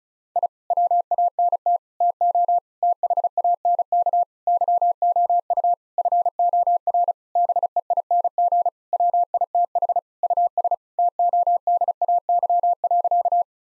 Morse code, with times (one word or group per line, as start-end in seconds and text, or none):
0.4-0.5 I
0.7-1.8 WANT
2.0-2.6 TO
2.8-4.2 THANK
4.5-5.7 YOU
6.0-7.1 FOR
7.4-8.7 BEING
8.9-10.0 WITH
10.2-10.7 US
11.0-13.4 TODAY.